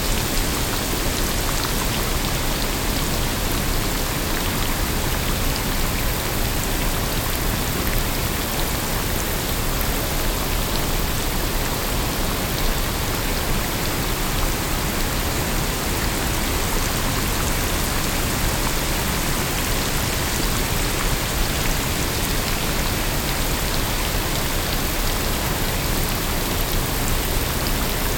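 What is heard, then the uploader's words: Steady rain falls without pause, a dense, even wash of countless drops spread from low rumble to bright hiss. The sound stays level from start to finish, with faint individual patters flickering through the constant rush. PINK RAIN • Organic Pink Noises.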